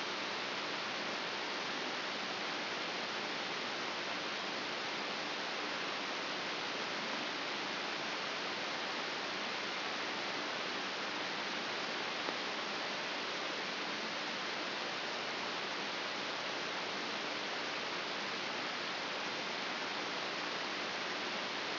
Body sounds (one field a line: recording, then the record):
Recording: brain microelectrode recording played as sound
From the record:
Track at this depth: outside the subthalamic nucleus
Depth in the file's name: 6.015 mm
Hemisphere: left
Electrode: 3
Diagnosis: Parkinson's disease